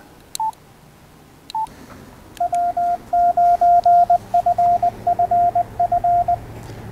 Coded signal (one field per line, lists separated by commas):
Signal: Morse code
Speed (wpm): 20 wpm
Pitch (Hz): 700 Hz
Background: none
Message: W9FFF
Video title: Cheap Yaesu FH-2 Remote Control Keyboard Alternative from Ali Express, Does It Work?